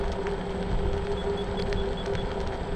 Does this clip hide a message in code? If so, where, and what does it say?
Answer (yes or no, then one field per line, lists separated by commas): no